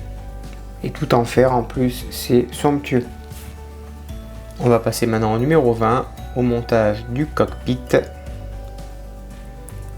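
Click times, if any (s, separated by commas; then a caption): 9.7 s. Someone talks as the plastic dashboard part is pressed into the cockpit of a 1/8 scale Lotus Renault 97T model car kit. A single sharp click is heard at 9.7 s as the dashboard piece clips in and is seated correctly.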